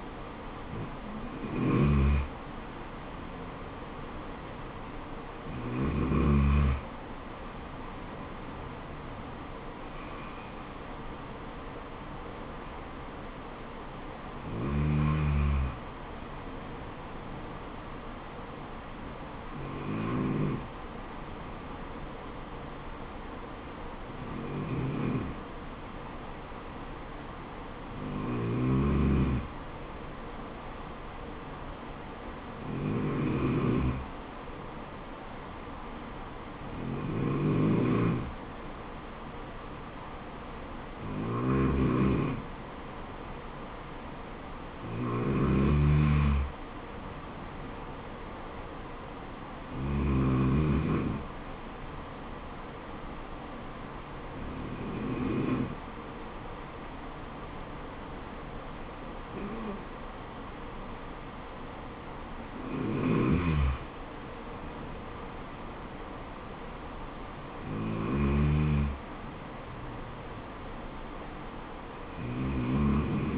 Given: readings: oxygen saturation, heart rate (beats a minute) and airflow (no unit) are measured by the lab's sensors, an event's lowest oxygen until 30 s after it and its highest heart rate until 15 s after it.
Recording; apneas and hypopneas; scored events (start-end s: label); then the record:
breathing in sleep by a voice recorder at the bedside; none
none scored
From the record:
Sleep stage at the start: N2 (light sleep); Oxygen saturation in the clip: 93 to 94%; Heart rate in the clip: 65 to 74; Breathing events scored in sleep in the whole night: 426 in 7.4 hours asleep